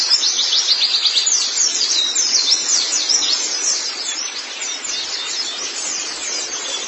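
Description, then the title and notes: White-eye song: loud, busy, high twittering at first, easing into softer continuous chatter. "Kicauan Burung Pleci Durasi Panjang. Suara kicauan burung pleci"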